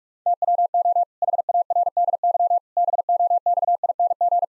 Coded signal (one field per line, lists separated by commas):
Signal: Morse code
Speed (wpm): 41 wpm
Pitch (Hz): 700 Hz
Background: none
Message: TWO HARDY BOXING